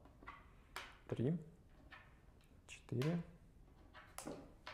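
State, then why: Released. Someone talks while magnets are placed one by one on the five sensors of an escape-room puzzle box, with a few short sharp sounds along the way. When the fifth magnet goes onto the last sensor, the electromagnetic lock releases with a click at 4.7 s, and the lock is now open and no longer holding magnetically.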